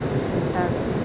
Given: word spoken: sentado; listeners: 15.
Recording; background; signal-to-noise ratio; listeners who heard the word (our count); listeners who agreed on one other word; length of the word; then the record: one Spanish word in noise, from a listening test; speech-shaped noise; -4.3 dB; 1 of 15; 10 of 15; 0.65 s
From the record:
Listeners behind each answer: 10, 2, 1, 1, 1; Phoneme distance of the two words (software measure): 17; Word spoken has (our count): 3 syllables, 7 phonemes, stress on syllable 2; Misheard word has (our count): 2 syllables, 6 phonemes, stress on syllable 2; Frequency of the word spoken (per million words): 39.57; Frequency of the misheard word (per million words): 6.81